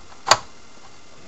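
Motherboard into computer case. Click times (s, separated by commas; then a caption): 0.3 s. A motherboard is pushed into place in a computer case until it locks, giving a single sharp click at 0.3 s against a quiet background. The motherboard is seated and locked into the case.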